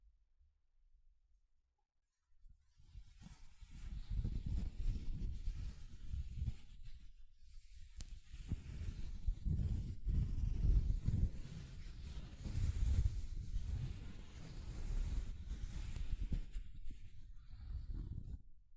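Soft fabric brushes against a microphone, a dull rustling rumble that is mostly low and muffled, with a faint hiss above. After a near-silent first two seconds, the brushing runs in uneven strokes, swelling and easing, briefly dropping out around eight seconds.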